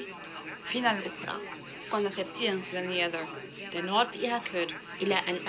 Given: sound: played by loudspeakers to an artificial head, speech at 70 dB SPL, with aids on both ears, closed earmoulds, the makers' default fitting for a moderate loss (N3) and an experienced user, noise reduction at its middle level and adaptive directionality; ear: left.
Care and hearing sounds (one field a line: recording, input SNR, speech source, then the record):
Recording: speech test signal (ISTS) in cocktail-party noise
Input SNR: 0 dB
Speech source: in front (0 degrees)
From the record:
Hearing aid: class 2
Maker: E